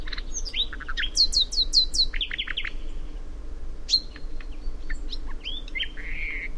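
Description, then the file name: Common nightingale song with a series of rapid falling whistled notes repeated several times, then scattered chips and a short warbled ending over a soft low rumble. "Luscinia megarhynchos"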